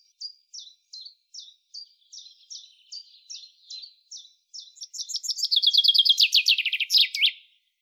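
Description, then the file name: Common chaffinch singing: sharp separate notes repeated at a steady, quick pace, then a fast cascading trill that drops in pitch and ends in an emphatic flourish. "Fringilla coelebs"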